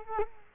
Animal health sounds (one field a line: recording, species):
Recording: mosquito wingbeat signal from an infrared sensor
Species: Culex quinquefasciatus